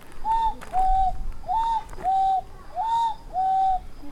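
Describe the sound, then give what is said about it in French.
A common cuckoo calls three times, each a clear two-note cu-coo with the first note slightly higher than the second, repeated at a steady rhythm over faint background noise. “Je suis le coucou.”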